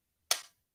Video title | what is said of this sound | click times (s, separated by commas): Copy of Episode #4 - Discussing Current News With GLP-1 Drugs 09/09/23 | you'll hear it click | 0.3 s